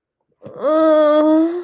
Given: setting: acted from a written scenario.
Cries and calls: vocal sound without words; disappointment

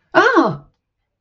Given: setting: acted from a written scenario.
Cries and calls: vocal sound without words; negative surprise

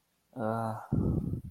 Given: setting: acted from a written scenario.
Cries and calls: vocal sound without words; guilt

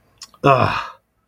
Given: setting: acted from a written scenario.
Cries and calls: vocal sound without words; disgust

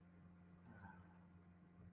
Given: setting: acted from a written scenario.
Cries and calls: vocal sound without words; contentment

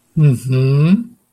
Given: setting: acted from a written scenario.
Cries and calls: vocal sound without words; interest

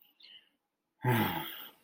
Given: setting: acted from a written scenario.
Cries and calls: vocal sound without words; disappointment

